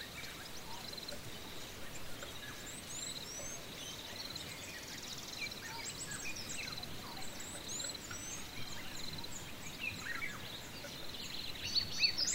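African bush ambience with many birds calling over a steady bed of low rustling wind. Chirps, whistles and trills overlap throughout, thickest in the upper range, with a few sharper, louder calls near the end.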